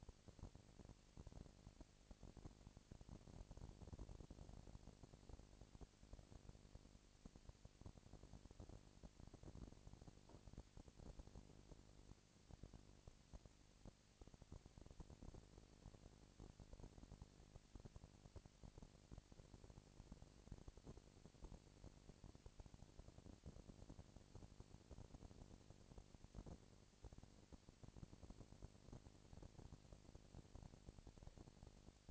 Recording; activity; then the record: daily activity, microphone in the room; no activity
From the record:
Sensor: 5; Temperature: 20.1 degrees Celsius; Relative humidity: 38.2%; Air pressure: 998.9 hPa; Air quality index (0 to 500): 218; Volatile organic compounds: 24 ppm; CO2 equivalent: 2804 ppm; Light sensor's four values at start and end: 2/3/1/1 and 2/3/1/1